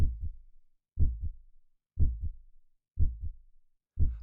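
A regular adult heartbeat at about 60 beats per minute. Each beat is a low-pitched lub-dub pair of normal heart sounds. It is heard as a meditation backdrop.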